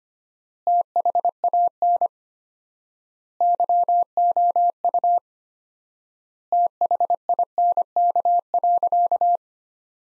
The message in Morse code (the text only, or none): THAN YOU THINK.